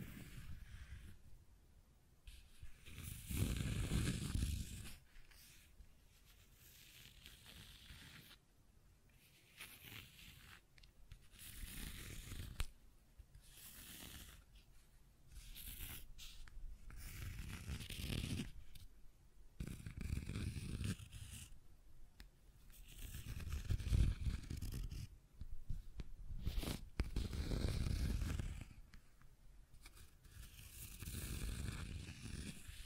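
Scratching and tracing sounds come in irregular rough strokes, each a few seconds long, with dry scraping hiss and low rumble, separated by brief pauses.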